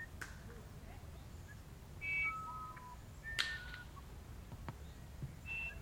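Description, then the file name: Musician wren with a few sparse pure whistles, high and lower notes widely spaced, along with sharp clicks and snaps. "uirapuru"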